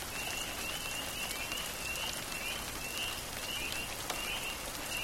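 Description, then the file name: Spring peeper peeping, high thin upslurred whistles repeated many times under steady rain hiss throughout. Heard at night during a thunderstorm with rain, Easter night 2004, Florence, Kentucky, USA. "Spring Peeps Night Birds Florence KY Easter Night 2004 Recording By Craig Wilson"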